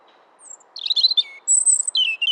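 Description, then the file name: European robin song fragment: a brief high whistle, then a jumble of quick warbling and trilled notes, ending in sustained high twitters against a soft low hum. "Erithacus rubecula"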